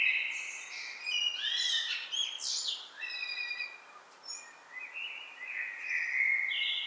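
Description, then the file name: Common blackbird song, a run of low fluty warbled notes mixed with high squeaky twittering flourishes, phrases following one another with short gaps throughout. "Turdus merula"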